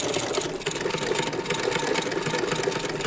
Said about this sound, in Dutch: Ah, jullie hebben dat allemaal zelf gemaakt. Dit zijn kikkers, een gele kikker, een roze muis en een groene beer. En dit maken jullie allemaal met deze naaimachines?